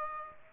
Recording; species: mosquito wingbeat signal from an infrared sensor; Aedes aegypti